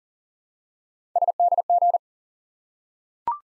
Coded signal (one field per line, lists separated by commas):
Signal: Morse code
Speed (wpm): 38 wpm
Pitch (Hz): 700 Hz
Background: none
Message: SDG